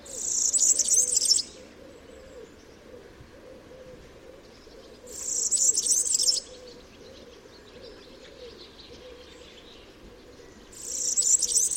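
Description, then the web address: European serin song: high, fizzy jingling bursts lasting over a second, repeated about every five seconds. "chant didier collin serin cini"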